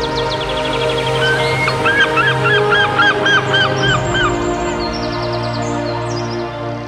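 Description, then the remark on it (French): A flock of geese honks in a steady, overlapping chorus of nasal calls, with other bird calls mixed in over a dense, continuous background. “Le cinquième jour, Dieu créa toutes sortes de poissons pour peupler les mers et des oiseaux pour chanter dans le ciel.”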